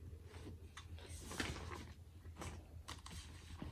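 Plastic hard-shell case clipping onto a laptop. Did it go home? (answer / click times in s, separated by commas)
no / none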